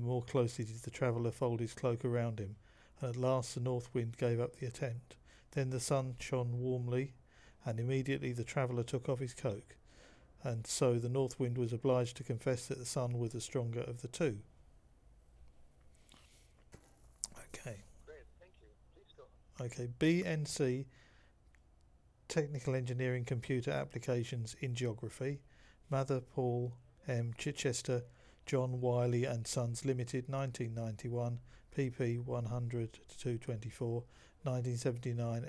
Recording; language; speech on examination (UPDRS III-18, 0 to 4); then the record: text read into a phone; English; 0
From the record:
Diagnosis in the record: Parkinson's disease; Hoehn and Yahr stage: 2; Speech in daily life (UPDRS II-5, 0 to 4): 0